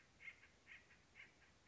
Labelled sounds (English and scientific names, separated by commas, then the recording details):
Acorn Woodpecker (Melanerpes formicivorus)
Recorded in Sonoma County, California